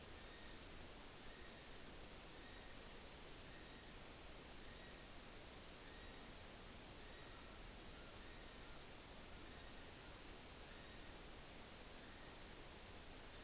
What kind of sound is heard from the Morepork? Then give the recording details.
weow call. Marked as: faintness 5/5. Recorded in New Zealand on 9 October 2013. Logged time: 17:00. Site Ponui